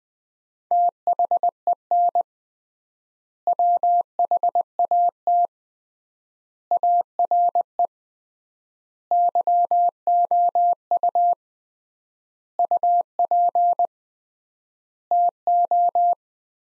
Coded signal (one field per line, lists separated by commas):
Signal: Morse code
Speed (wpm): 20 wpm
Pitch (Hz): 700 Hz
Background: none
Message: THEN WHAT ARE YOU UP TO